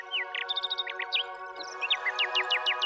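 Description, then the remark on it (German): A nightingale sings a rapid, bright trilling song of repeated high chirps and sweeping notes, running continuously over a steady low humming drone. “Die Nachtigall, die dies alles mit ansah, sang jetzt noch schöner, noch klarer, noch trillernder.”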